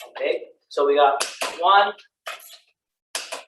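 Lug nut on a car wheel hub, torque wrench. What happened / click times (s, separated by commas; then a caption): Torque wrench clicks at its setting on a wheel nut / 3.2 s. A click-type torque wrench set to 80 ft-lb tightens the second lug nut on a car wheel hub while someone talks. The wrench gives a sharp click at 3.2 seconds as it reaches its setting, and that nut is counted as done.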